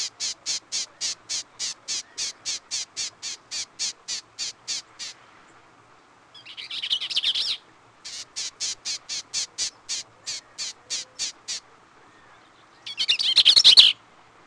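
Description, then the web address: Bell's Vireo giving long runs of rasping notes at a steady fast pace, broken by two bursts of hurried, jumbled, buzzy warbling. "Peterson North American Birds"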